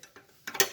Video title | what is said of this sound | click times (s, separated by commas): #NGH-1201 #NGH-1300 #SGH-101 #SGH-201 #부탄가스통 #자석식 #결합 | 착 소리가 나게 밀어주는게 제일 중요합니다 | 0.5 s, 0.6 s